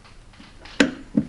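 While a strut brace is being installed, a bolt is tightened with a torque wrench against a quiet background, and the wrench gives a sharp preset click at 0.8 s. A softer knock follows at about 1.2 s. The click confirms the bolt has reached its set torque.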